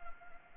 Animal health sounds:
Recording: mosquito wingbeat signal from an infrared sensor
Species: Anopheles gambiae

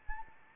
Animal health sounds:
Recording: mosquito wingbeat signal from an infrared sensor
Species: Anopheles arabiensis

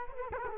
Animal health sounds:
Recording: mosquito wingbeat signal from an infrared sensor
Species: Culex quinquefasciatus

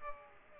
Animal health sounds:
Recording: mosquito wingbeat signal from an infrared sensor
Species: Culex pipiens

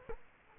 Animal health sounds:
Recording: mosquito wingbeat signal from an infrared sensor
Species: Culex quinquefasciatus

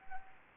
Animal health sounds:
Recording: mosquito wingbeat signal from an infrared sensor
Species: Anopheles arabiensis

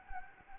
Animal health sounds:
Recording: mosquito wingbeat signal from an infrared sensor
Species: Anopheles gambiae

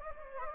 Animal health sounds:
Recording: mosquito wingbeat signal from an infrared sensor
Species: Anopheles gambiae

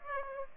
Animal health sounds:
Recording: mosquito wingbeat signal from an infrared sensor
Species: Aedes aegypti

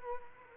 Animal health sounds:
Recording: mosquito wingbeat signal from an infrared sensor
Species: Culex quinquefasciatus

